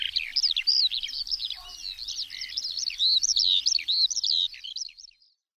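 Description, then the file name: Eurasian skylark song: a dense, high-pitched torrent of chirps and trills that runs continuously, then trails off and stops, leaving silence at the end. "SKOWRONEK"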